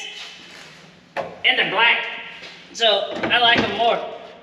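A replacement passenger seat, swapped in because the originals were destroyed when the RZR 900 side-by-side UTV was wrecked, is handled over its seat base latch mount. A sharp thump comes at about 1.2 s, and someone talks before and after it. Nothing has seated or clicked yet; the clip ends just before the seat goes home.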